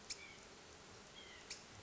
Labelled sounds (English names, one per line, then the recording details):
White-breasted Nuthatch
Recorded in Sonoma County, California